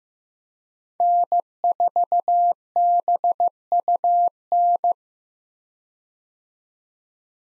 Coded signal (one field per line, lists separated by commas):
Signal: Morse code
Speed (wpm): 15 wpm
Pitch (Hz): 700 Hz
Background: none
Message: N4BUN